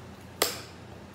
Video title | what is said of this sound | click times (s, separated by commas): Monday Motivation!! Flylady Zone Cleaning!! Clean with Me Zone 4 The Bedroom! | it just snaps back into place I can't really show you with one hand because it won't come off but | 0.4 s